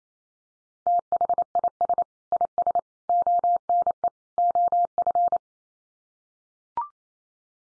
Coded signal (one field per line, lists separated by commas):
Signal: Morse code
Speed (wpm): 28 wpm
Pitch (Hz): 700 Hz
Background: none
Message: THIS IS ONE OF